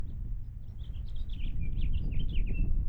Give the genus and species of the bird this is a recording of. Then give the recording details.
Haemorhous mexicanus. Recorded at Point Lookout on Long Island, New York, on 2 June 1975. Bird B